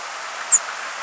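Field Sparrow call: one short, very high, thin chip note midway through, set against a steady soft hiss.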